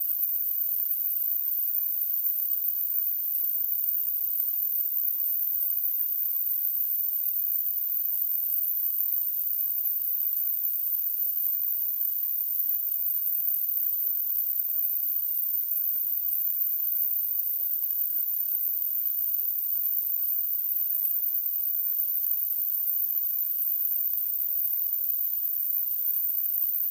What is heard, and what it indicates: Tinnitus.